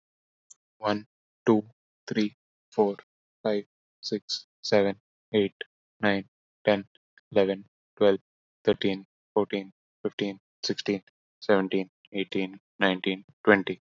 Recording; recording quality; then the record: counting at a normal pace; excellent, no background noise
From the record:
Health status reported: healthy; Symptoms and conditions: none ticked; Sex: male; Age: 25 years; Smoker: yes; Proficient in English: yes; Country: India